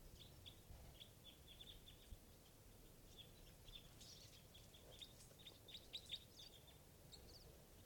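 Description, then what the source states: Crossbill flight calls, many short chipping notes from a flock overlapping in quick succession throughout, over steady low background noise. Type 2 call type; a large flock has just come in.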